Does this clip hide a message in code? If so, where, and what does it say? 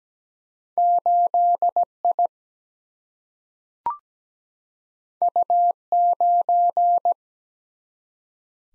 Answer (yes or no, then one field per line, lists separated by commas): yes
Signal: Morse code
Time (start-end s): 0.8-7.1 s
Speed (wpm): 17 wpm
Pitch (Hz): 700 Hz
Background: none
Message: 8 I U 9